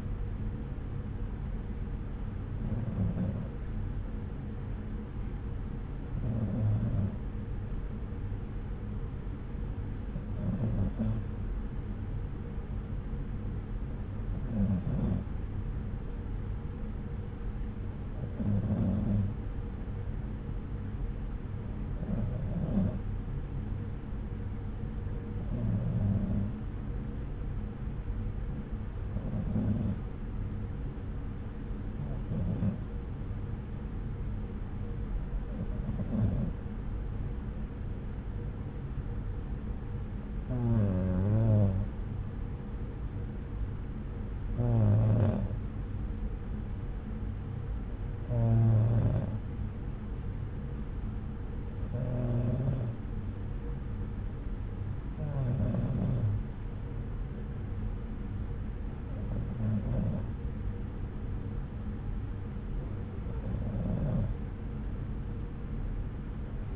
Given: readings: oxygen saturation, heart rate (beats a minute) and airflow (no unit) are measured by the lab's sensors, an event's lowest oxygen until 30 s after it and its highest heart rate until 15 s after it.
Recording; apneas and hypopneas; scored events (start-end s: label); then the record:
breathing in sleep by a smartphone at the bedside; none
none scored
From the record:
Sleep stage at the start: N2 (light sleep); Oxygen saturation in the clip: 93%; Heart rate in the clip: 63 to 70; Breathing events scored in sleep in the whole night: 303 in 8.1 hours asleep